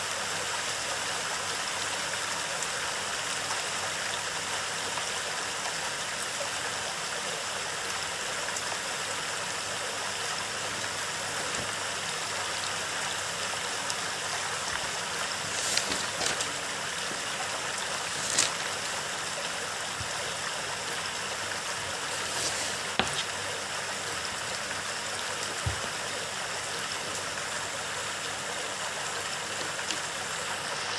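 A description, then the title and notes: Steady, dense rain hiss fills the scene evenly, with a low engine-like rumble underneath and a few brief clicks and taps around 15–23 seconds. Rainy day.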